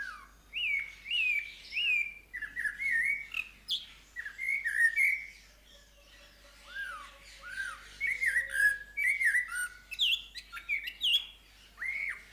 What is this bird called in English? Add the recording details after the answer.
Snowy-crowned Robin-Chat. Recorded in captivity. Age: adult. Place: Zoo Berlin, Berlin, DE. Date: 1997-11-22 11:18. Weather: overcast, ca.1°C. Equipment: Nagra SN, Kopie Uher 4000 Report Monitor. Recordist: Tembrock, Günter